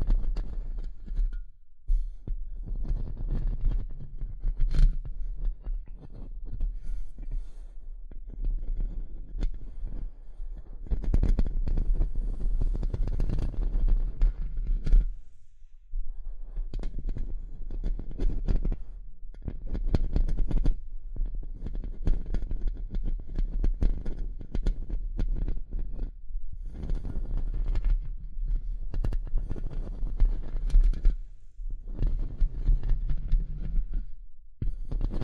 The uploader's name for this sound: Tapping & Scratching